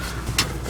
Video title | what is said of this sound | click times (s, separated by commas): Ford F650 dump truck mountain drive, part two with Kent and Kelsey | you lift them up and they lock into place | 0.4 s